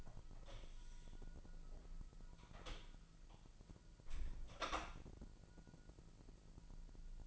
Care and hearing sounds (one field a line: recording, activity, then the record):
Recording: daily activity, microphone in the room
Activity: close door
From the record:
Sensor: 5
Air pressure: 1001.3 hPa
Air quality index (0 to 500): 248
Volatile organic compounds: 35 ppm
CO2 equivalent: 3057 ppm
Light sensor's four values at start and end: 36/82/33/31 and 36/83/33/32